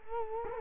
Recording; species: mosquito wingbeat signal from an infrared sensor; Culex quinquefasciatus